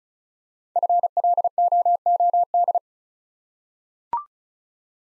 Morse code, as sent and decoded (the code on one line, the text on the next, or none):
..-. .-.. --- --- -..
FLOOD